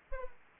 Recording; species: mosquito wingbeat signal from an infrared sensor; Anopheles arabiensis